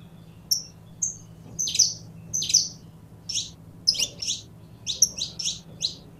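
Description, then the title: Belgian canary song: two whistled notes open, followed by several buzzy chirp clusters, with a low hum beneath. Pure-bred; song. "Canto Do Canário Belga Puro"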